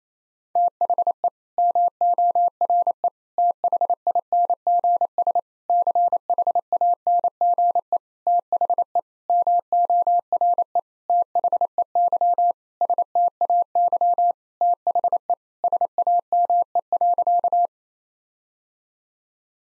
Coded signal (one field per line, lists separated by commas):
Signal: Morse code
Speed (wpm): 28 wpm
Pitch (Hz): 700 Hz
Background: none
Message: THE MORE THINGS CHANGE THE MORE THEY STAY THE SAME.